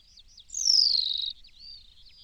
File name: New Zealand pipit